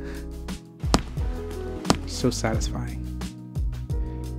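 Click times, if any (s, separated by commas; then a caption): 0.9 s, 1.9 s. Metal snap buttons on the pocket of a Paynter Applecross jacket are pressed closed by hand over background music while someone talks. Two sharp, loud clicks ring out at 0.9 s and 1.9 s as the snaps seat fully into their sockets, fastening the pocket shut.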